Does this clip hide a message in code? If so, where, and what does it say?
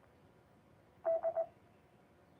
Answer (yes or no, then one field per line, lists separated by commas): no